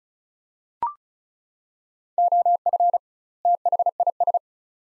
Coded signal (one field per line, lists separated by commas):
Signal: Morse code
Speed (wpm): 34 wpm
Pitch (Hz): 700 Hz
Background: none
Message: OF THIS